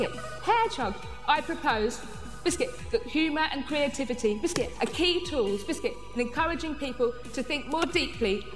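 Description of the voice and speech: Adult woman speaking fluently, her sentences repeatedly broken by involuntary vocal tics: she calls out "Biscuit" again and again and once "Hedgehog". Tourette syndrome, with tics since about age 6 that intensified in her early 20s.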